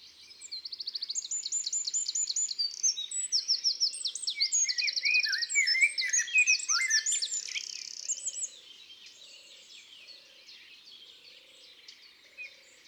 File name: Troglodyte mignon Chants doiseaux des bois et des forets